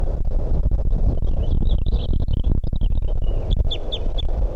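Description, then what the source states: Red Crossbill calls, short bright notes with slight bends given in loose clusters, heard over constant low rumbling noise and handling thumps. Thought to be a male, perched in a ponderosa pine on a ridge top at about 10:35 a.m.; calls probably type 2 'toops'.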